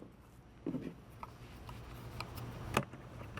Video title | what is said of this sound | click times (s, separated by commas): Sun Joe 24V iON Cordless Pressure Cleaner on QVC | battery snaps into place just | 2.8 s